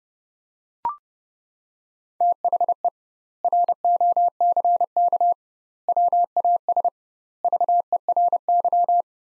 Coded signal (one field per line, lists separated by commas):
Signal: Morse code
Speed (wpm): 32 wpm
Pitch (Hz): 700 Hz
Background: none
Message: THE ROCK WAS VERY